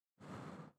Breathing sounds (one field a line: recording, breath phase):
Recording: one breath near a microphone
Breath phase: exhalation